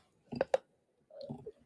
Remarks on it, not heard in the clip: My neck crackles. I didn't break my neck, but I severely hurt my neck playing football.